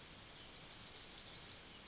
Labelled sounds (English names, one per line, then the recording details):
Yellowhammer song
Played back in forest
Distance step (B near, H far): C
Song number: 039